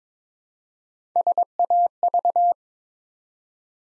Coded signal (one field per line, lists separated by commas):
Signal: Morse code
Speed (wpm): 22 wpm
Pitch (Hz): 700 Hz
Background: none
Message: SAV